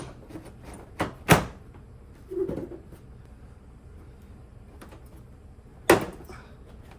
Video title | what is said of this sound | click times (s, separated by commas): 2012 Chevy Malibu Headlight Bulb Replacement (Remove the Bumper?!) | Because of the damage on this side, it didn't snap into place flush, but I went back and looked at my before pictures and it looked the same. | 5.9 s